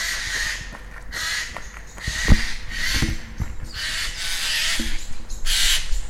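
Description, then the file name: Eurasian jay uttering a series of hoarse, tearing screeches, several in six seconds, over low rumbling noise with a few faint knocks. "Garrulus glandarius"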